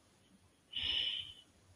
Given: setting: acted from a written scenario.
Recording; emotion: vocal sound without words; serenity